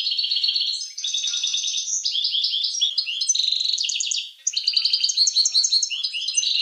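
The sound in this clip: Finch song, continuous high bright trills and chattering phrases, a brief pause, then a renewed rapid twittering run.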